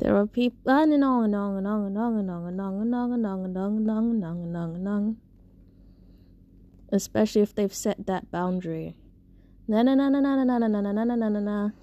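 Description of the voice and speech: An adult voice speaking, broken by long runs of repeated chanted syllables, 'on and on' and 'na na na': vocal tics.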